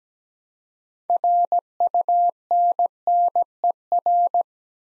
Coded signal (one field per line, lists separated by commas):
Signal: Morse code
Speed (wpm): 17 wpm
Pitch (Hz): 700 Hz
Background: none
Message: RUNNER